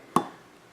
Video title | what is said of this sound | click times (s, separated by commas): Lowering Kit assembly HD 1080p | Did you hear that click right there? And then I know the thread is engaged. | 0.2 s